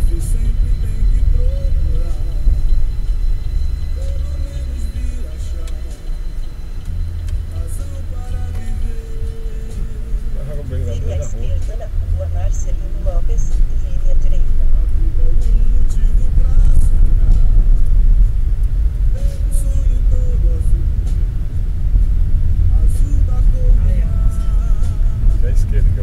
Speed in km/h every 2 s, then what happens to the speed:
20, 12, 8, 7, 8, 9, 11, 17, 21, 24, 29, 30, 29.
0-3 brakes to 8. 7-20 speeds up to 29. 20-26 steady at about 29.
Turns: 2-6.